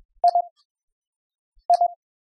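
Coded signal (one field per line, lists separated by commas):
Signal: none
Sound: oscillator loopback test tones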